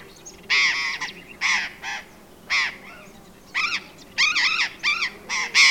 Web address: parrots cyanoliseus-patagonus